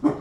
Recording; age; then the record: pig call; growing-finishing pig (85 days or more)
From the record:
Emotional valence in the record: positive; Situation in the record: run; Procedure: transit